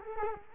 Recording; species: mosquito wingbeat signal from an infrared sensor; Culex quinquefasciatus